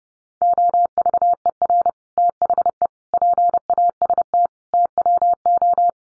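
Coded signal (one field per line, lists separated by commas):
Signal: Morse code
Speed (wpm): 30 wpm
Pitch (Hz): 700 Hz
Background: none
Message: OVER THE PAST TWO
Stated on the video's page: Morse code practice for head-copying five-word sets at 30 wpm.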